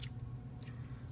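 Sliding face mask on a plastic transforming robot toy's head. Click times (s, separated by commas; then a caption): 0.0 s. The sliding face mask on the head of a plastic Transformers Age of Extinction Deluxe Class Bumblebee robot toy is pushed down over the face until it locks, giving a sharp click at 0.04 s. Two fainter ticks follow at about 0.2 s and 0.6 s over a steady low hum. The mask is seated in place.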